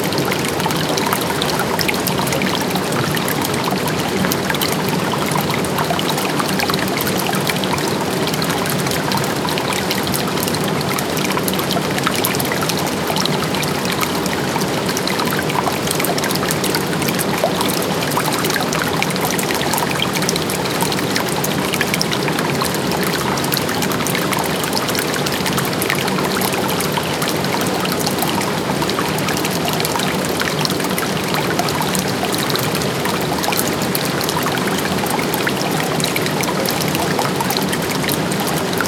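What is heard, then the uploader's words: A stream flows steadily for the whole stretch, a dense, even rush of water with many small splashes and trickles layered together. The sound fills everything from low gurgles to bright hiss, with no breaks or changes in level. China Ranch Desert Oasis. China Ranch is near Tecopa California, just outside Death Valley and it's a true oasis in the desert. This little ranch is in the middle of the Mojave Desert.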